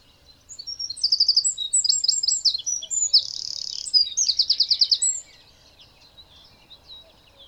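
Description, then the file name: Eurasian wren song: high, energetic phrases of rattling trills and a sustained buzzy note, delivered at speed for nearly five seconds, then quiet. "Troglodytes troglodytes"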